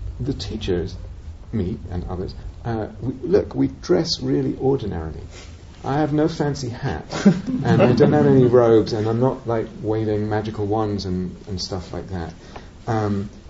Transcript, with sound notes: the teachers -- me, and others -- look, we dress really ordinarily. I have no fancy hats. [laughter] And I don't have any robes. And I'm not waving magical wands and stuff like that.